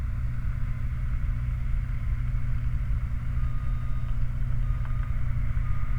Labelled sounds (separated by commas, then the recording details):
truck
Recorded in the Prudhoe Bay oil fields, Alaska, on 29 July 2019 at 00:00
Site 29